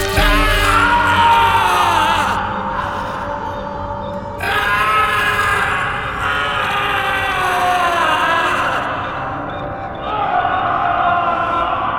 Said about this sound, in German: Der Schrei des Entsetzens und des Schmerzes erschütterte die Fundamente der Festung in der Calle Viena.